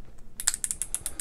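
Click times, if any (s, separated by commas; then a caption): none. A plastic comb guide attachment is pushed and adjusted on a hair and beard trimmer. A series of quick, bright plastic clicks and ticks rattles out from about 0.4 to 1.2 seconds. The guide does not latch because it is not hooking in properly, so nothing has clicked into place yet.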